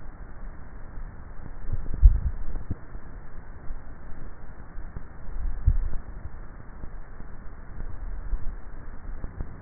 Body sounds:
swallowing sounds by neck microphone; 3
1.98-2.72 s: swallow
5.48-6.18 s: swallow
8.05-8.65 s: swallow
From the record:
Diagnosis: dysphagia

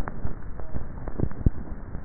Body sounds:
swallowing sounds by neck microphone; 1
0.69-1.62 s: swallow
From the record:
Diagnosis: dysphagia

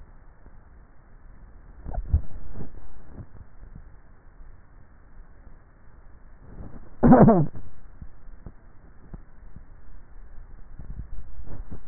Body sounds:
swallowing sounds by neck microphone; 2
1.72-2.78 s: swallow
11.02-11.68 s: swallow
From the record:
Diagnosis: dysphagia

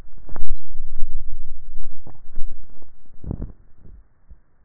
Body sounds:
swallowing sounds by neck microphone; 1
1.85-2.52 s: swallow
From the record:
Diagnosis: dysphagia

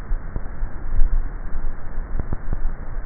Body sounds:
swallowing sounds by neck microphone; 1
0.92-1.65 s: swallow
From the record:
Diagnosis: dysphagia

